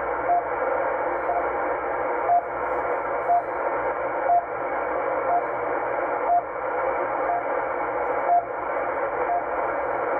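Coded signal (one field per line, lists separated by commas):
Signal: radio time signal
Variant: RWM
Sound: short tone pip every second, about ten pips, over steady shortwave hiss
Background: radio static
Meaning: Each short pip marks one second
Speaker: back to the end fed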